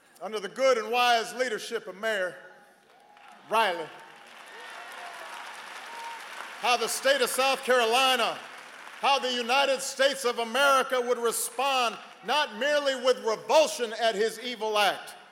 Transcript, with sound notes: under the good and wise leadership of Mayor Riley -- (applause) how the state of South Carolina, how the United States of America would respond -- not merely with revulsion at his evil act,